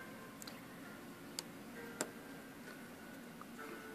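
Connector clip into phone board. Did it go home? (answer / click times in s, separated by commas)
no / none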